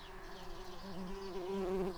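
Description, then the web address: Tree bumblebee buzzing, a steady low hum that rises slightly in pitch and intensity toward the end, with no other clear sounds. Workers. "Hypnorum workers"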